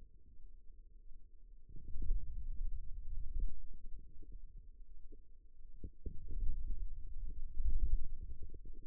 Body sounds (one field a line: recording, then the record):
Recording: forearm muscle sounds (acoustic myography)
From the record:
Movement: wrist flexion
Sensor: system 2, bracelet of six BSWA MPA416 microphones around the upper forearm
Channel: 3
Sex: male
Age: 22 years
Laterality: right